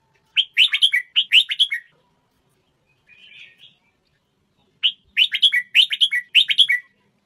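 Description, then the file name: Red-whiskered bulbul song: bursts of rich, quick warbled notes, a short pause, then another burst, with a soft twitter between phrases. Thai-type red-whiskered bulbul, singing. "tieng chao mao thai lan hot giong"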